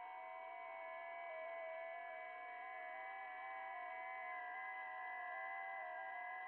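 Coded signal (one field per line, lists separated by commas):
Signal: FT8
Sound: several overlapping soft warbling tones slowly stepping in pitch over steady hiss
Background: radio static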